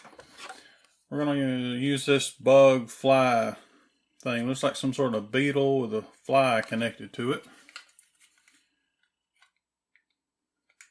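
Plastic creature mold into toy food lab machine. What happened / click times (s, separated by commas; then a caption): The plastic part is being handled but has not yet snapped into place / none. A plastic beetle-and-fly creature mold is handled while someone talks, before it goes into a 1994 Tyco Doctor Dreadful Food Lab toy machine. Faint plastic ticks and taps follow at about 7.7 to 8.0 s, with scattered small clicks near 10.0 and 10.8 s. Nothing has seated or clicked into place yet.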